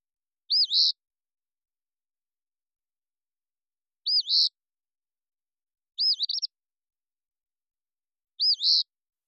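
Eastern phoebe repeating a brisk buzzy fee-bee phrase four times, with long pauses between and one stuttered variant, in otherwise complete quiet.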